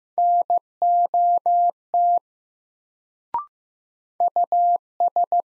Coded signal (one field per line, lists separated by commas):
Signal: Morse code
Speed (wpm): 15 wpm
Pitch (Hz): 700 Hz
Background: none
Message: NOT US